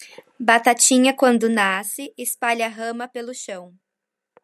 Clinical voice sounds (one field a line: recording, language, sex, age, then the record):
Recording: short text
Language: Brazilian Portuguese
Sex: female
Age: 20 to 29 years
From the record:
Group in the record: control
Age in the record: 29 years